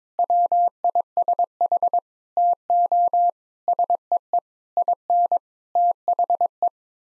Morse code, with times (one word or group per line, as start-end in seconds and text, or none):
0.2-2.0 WISH
2.4-3.3 TO
3.7-4.4 SEE
4.8-5.4 IN
5.8-6.7 THE